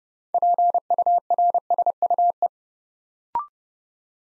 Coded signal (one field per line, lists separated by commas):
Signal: Morse code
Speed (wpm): 28 wpm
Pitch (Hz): 700 Hz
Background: none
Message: PURSUE